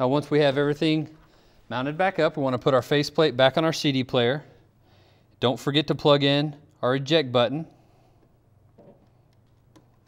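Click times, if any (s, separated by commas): none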